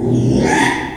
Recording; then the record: squeal of a Yucatan mini pig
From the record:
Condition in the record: after surgery on the right vocal fold (resection and tissue-engineered implant); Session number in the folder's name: 3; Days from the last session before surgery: 33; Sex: male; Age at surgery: 12 weeks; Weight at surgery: 13 kg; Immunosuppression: cyclosporine, prednisolone